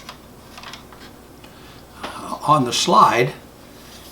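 A push-to-open mechanism for a Blum Movento floor-mount drawer slide is held against the slide runner, with its marked number one lined up with the arrow. A few faint handling taps come through a quiet background, and someone talks near the end. The unit is only positioned and nothing has seated or clicked yet.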